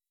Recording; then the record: hydrophone in a shrimp aquaculture tank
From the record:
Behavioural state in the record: weakened